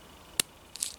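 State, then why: Seated. The clip-on lid of a plastic geocache container is snapped shut after the logbook is put back inside. Sharp clicks are heard at 0.4, 0.8 and 0.8 seconds. The lid clips seat and the box is sealed.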